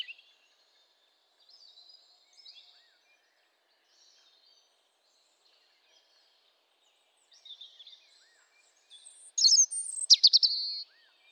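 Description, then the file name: European robin: quiet, scattered notes for several seconds, then a loud, sudden phrase of high, thin, crackling warbles near the end. "Erithacus rubecula"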